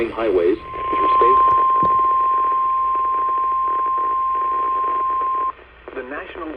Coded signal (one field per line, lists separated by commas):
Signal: Emergency Alert System (SAME) tones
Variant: 1050 Hz attention tone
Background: speech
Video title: EAS Alerts from September 10-11th, 2023 [EAS #1,082-1,095]